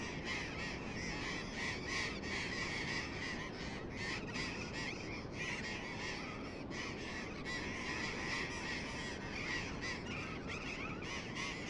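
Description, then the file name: Burrowing parrot flock giving grating, rasping squawks in quick irregular succession, many voices mingling above a low steady rumble. Several burrowing parrots. "loros barranqueros"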